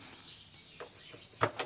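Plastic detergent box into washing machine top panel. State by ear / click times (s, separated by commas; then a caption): seated / 1.4 s. The plastic detergent box of a Hitachi top-load washing machine, removed during a fix for slow water filling into the tub, is hooked in at the bottom first and then pushed into the top panel until it locks. A soft knock at 0.8 s is followed by a sharp snap at 1.4 s as the box locks into place, then a lighter tap at 1.6 s. The box is confirmed seated and locked.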